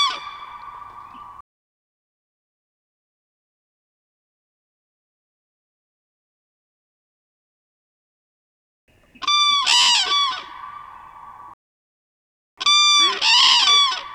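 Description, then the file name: Common crane trumpeting: after a brief steady tone and a long silence, two loud bursts of harsh, rich, honking calls arrive near the end, the first trailing off into a steady drone. Played back. "Trane"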